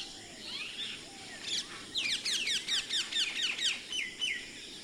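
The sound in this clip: Common myna calls: a few soft notes, then a quick series of loud, sharp, downward-sweeping chirps.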